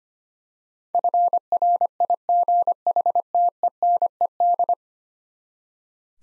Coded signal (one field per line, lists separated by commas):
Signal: Morse code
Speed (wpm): 25 wpm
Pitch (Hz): 700 Hz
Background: none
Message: FRIGHTENED